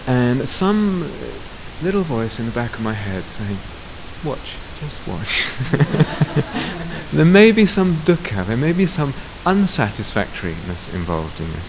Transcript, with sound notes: and some little voice in the back of my head saying, "Watch. Just watch." [laughter] "There may be some dukkha. There may be some unsatisfactoriness involved in this."